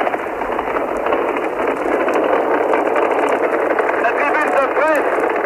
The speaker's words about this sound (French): La tribune de presse tremble sous l'onde de choc du départ de la Saturn V. La tribune de presse tremble sous l'onde de choc du départ de Saturne V. Nous étions en décembre 1968.